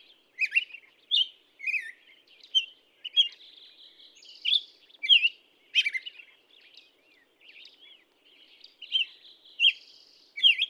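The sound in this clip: Black-headed Grosbeak song, a long series of whistled, slurred notes, some buzzy, rising and falling.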